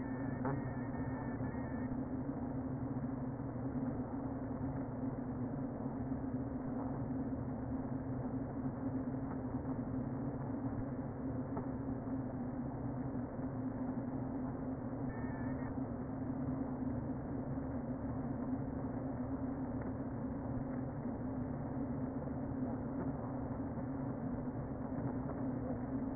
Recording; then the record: honeybee colony, microphone inside the hive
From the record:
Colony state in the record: queen present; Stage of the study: before two queens were removed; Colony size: about 60,000 bees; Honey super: yes